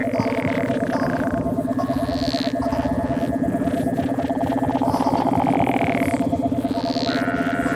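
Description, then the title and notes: Frogs or toads trilling together, a steady low pulsing hum beneath several short high squealing calls. Every sound is a frog or toad; recorded December 2017. "every sound you hear on this is a frog or a toad - recorded December 2017"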